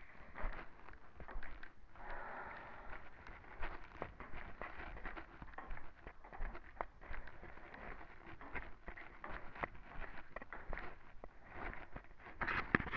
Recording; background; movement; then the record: deep breathing; quiet; walking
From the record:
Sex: female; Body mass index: 18.3 kg/m2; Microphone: on the chest, facing the body